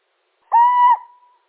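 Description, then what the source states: Little owl producing one drawn-out, even mewing note lasting about half a second, with a soft fading end; no other sounds. Male.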